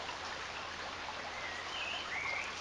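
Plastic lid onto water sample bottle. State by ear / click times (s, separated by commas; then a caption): not seated / none. A folded test strip sits in a plastic lid, which is handled and lined up before being pushed onto a water sample bottle. A steady broadband hiss runs through the whole 2.6 seconds, with no sharp sounds. The lid has not clicked onto the bottle yet.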